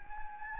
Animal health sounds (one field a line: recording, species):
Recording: mosquito wingbeat signal from an infrared sensor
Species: Anopheles gambiae